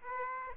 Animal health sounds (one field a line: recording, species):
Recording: mosquito wingbeat signal from an infrared sensor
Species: Aedes aegypti